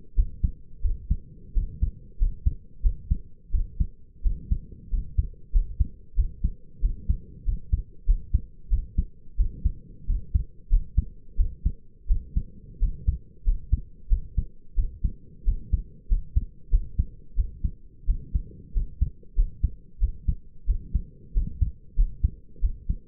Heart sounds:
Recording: heart sounds by stethoscope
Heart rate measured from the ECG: 91 bpm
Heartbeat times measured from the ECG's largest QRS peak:
0.16 s: heartbeat
0.82 s: heartbeat
1.54 s: heartbeat
2.19 s: heartbeat
2.82 s: heartbeat
3.52 s: heartbeat
4.23 s: heartbeat
4.90 s: heartbeat
5.52 s: heartbeat
6.16 s: heartbeat
6.81 s: heartbeat
7.45 s: heartbeat
8.06 s: heartbeat
8.70 s: heartbeat
9.37 s: heartbeat
10.07 s: heartbeat
10.69 s: heartbeat
11.37 s: heartbeat
12.08 s: heartbeat
12.79 s: heartbeat
13.44 s: heartbeat
14.09 s: heartbeat
14.76 s: heartbeat
15.45 s: heartbeat
16.08 s: heartbeat
16.70 s: heartbeat
17.36 s: heartbeat
18.06 s: heartbeat
18.73 s: heartbeat
19.35 s: heartbeat
20.00 s: heartbeat
20.66 s: heartbeat
21.34 s: heartbeat
21.96 s: heartbeat
22.61 s: heartbeat
From the record:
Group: healthy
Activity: rest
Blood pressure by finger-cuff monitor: 99/56 mmHg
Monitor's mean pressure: 71 mmHg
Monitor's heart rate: 92 bpm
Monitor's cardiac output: 7 L/min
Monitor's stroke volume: 76 mL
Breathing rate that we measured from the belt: 21 breaths a minute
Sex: male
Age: 22 years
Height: 181 cm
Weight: 60 kg

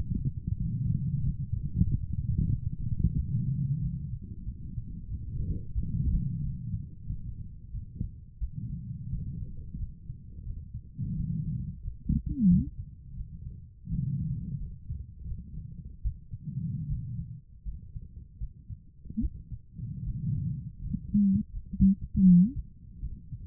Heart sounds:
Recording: heart sounds by stethoscope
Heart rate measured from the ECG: 86 bpm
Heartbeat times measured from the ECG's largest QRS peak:
0.60 s: heartbeat
1.24 s: heartbeat
1.87 s: heartbeat
2.50 s: heartbeat
3.16 s: heartbeat
3.81 s: heartbeat
4.45 s: heartbeat
5.08 s: heartbeat
5.74 s: heartbeat
6.42 s: heartbeat
7.08 s: heartbeat
7.73 s: heartbeat
8.40 s: heartbeat
9.11 s: heartbeat
9.78 s: heartbeat
10.45 s: heartbeat
11.16 s: heartbeat
11.83 s: heartbeat
12.48 s: heartbeat
13.16 s: heartbeat
13.90 s: heartbeat
14.59 s: heartbeat
15.26 s: heartbeat
16.03 s: heartbeat
16.88 s: heartbeat
17.64 s: heartbeat
18.39 s: heartbeat
19.21 s: heartbeat
20.05 s: heartbeat
20.80 s: heartbeat
21.52 s: heartbeat
22.24 s: heartbeat
23.01 s: heartbeat
From the record:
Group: healthy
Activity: light exercise 0-6 s, rest 6-24 s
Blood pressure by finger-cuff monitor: 129/72 mmHg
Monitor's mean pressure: 88 mmHg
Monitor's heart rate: 90 bpm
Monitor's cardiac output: 6.6 L/min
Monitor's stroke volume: 77 mL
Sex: female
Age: 36 years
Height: 163 cm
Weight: 88 kg

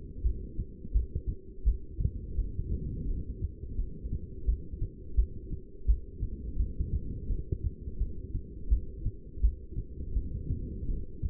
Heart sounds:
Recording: heart sounds by stethoscope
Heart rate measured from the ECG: 85 bpm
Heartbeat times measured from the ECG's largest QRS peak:
0.24 s: heartbeat
0.94 s: heartbeat
1.65 s: heartbeat
2.37 s: heartbeat
3.07 s: heartbeat
3.77 s: heartbeat
4.46 s: heartbeat
5.16 s: heartbeat
5.87 s: heartbeat
6.58 s: heartbeat
7.29 s: heartbeat
7.99 s: heartbeat
8.70 s: heartbeat
9.42 s: heartbeat
10.14 s: heartbeat
10.87 s: heartbeat
From the record:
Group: heart failure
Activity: rest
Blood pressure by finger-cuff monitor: 186/130 mmHg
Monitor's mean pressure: 146 mmHg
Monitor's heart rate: 86 bpm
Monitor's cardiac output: 7.2 L/min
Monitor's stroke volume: 84 mL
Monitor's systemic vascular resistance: 1520 dyn s/cm5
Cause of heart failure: non-ischemic cardiomyopathy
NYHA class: 1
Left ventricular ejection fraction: 62%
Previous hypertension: present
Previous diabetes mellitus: present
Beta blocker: bisoprolol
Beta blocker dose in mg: 10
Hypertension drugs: sacubitril-valsartan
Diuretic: furosemide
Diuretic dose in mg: 20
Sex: male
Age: 49 years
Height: 167 cm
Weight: 110 kg

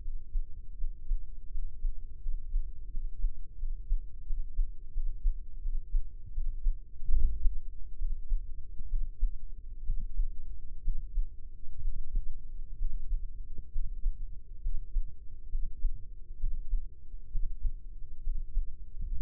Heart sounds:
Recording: heart sounds by microphone in the left ear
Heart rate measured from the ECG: 72 bpm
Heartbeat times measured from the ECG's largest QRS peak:
0.74 s: heartbeat
1.48 s: heartbeat
2.19 s: heartbeat
2.88 s: heartbeat
3.56 s: heartbeat
4.24 s: heartbeat
4.91 s: heartbeat
5.60 s: heartbeat
6.31 s: heartbeat
7.10 s: heartbeat
7.96 s: heartbeat
8.87 s: heartbeat
9.83 s: heartbeat
10.81 s: heartbeat
11.79 s: heartbeat
12.76 s: heartbeat
13.70 s: heartbeat
14.60 s: heartbeat
15.49 s: heartbeat
16.37 s: heartbeat
17.29 s: heartbeat
18.21 s: heartbeat
19.14 s: heartbeat
From the record:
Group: healthy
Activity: breath hold 0-18 s, rest 18-19 s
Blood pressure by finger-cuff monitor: 112/73 mmHg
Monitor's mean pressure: 87 mmHg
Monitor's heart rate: 77 bpm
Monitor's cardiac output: 6.1 L/min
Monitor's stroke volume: 76 mL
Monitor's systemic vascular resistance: 1010 dyn s/cm5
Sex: female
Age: 23 years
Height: 160 cm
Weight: 50.4 kg

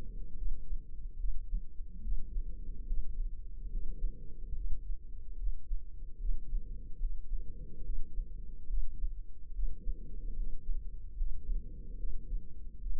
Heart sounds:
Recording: heart sounds by microphone in the left ear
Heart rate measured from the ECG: 72 bpm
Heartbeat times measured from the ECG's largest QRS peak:
0.33 s: heartbeat
1.15 s: heartbeat
1.99 s: heartbeat
2.85 s: heartbeat
3.68 s: heartbeat
4.52 s: heartbeat
5.34 s: heartbeat
6.16 s: heartbeat
6.98 s: heartbeat
7.81 s: heartbeat
8.65 s: heartbeat
9.50 s: heartbeat
10.34 s: heartbeat
11.15 s: heartbeat
11.95 s: heartbeat
12.78 s: heartbeat
From the record:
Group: healthy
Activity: rest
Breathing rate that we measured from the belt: 16 breaths a minute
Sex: female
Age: 32 years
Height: 172 cm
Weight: 71.7 kg

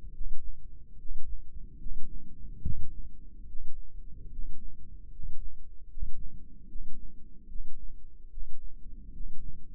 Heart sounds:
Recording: heart sounds by microphone in the left ear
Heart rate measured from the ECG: 73 bpm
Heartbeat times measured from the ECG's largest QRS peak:
0.12 s: heartbeat
0.96 s: heartbeat
1.77 s: heartbeat
2.61 s: heartbeat
3.46 s: heartbeat
4.30 s: heartbeat
5.10 s: heartbeat
5.88 s: heartbeat
6.66 s: heartbeat
7.46 s: heartbeat
8.29 s: heartbeat
9.11 s: heartbeat
From the record:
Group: healthy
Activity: rest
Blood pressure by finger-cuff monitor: 114/70 mmHg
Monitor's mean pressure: 81 mmHg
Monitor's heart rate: 72 bpm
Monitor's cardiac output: 6.1 L/min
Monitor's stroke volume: 86 mL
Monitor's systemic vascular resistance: 970 dyn s/cm5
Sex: male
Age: 35 years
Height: 180 cm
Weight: 86.9 kg

